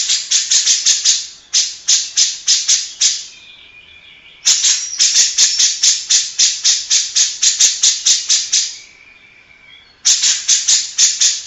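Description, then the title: Grey-cheeked bulbul rattling out fast harsh notes in long bouts, with two quieter gaps holding soft whistled tones. Long-duration master song, played to train other birds. "Cucak Jenggot Masteran Durasi Panjang"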